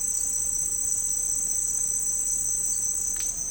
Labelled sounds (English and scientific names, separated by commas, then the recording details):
none
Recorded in secondary vegetation near Puerto Asís, Putumayo, Colombia, on 13 March 2025 at 11:30
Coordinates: 0.502, -76.326
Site G100